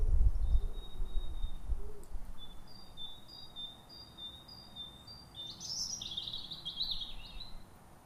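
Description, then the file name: European robin song: thin, high drawn-out whistles in a loose series, then a quick jumbled twittering burst near the end, over low rumbling background noise. "Erithacus rubecula"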